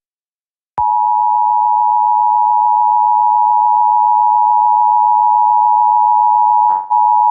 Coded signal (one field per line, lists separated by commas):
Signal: Emergency Alert System (SAME) tones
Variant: 853 and 960 Hz attention tone